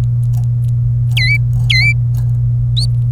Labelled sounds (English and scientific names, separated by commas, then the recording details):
Domestic Canary (Serinus canaria) song
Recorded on 27 April 2018 at 15:23
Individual llb3